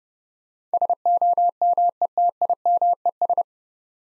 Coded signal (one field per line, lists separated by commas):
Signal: Morse code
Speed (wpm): 28 wpm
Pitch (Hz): 700 Hz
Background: none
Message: SOMETIMES